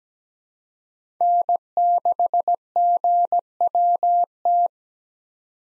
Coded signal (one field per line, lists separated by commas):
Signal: Morse code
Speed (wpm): 17 wpm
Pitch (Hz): 700 Hz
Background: none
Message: N6GWT